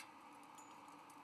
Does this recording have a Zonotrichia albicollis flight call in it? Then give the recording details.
no. No flight call is heard. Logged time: 01:39 on 17 November 2014